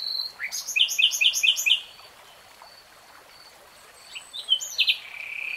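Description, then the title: Nightingale song: a fast run of repeated chirped notes, then a pause and a rising whistle ending in a buzzy trill, over a faint background hiss. Nightingale singing in real time. "Tiếng chim hót Nightingale Singing"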